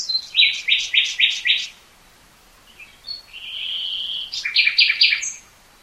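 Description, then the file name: Common nightingale singing a fast series of repeated chattering notes, then a pause, a sustained whistle and another rapid rattling trill. "Luscinia megarhynchos"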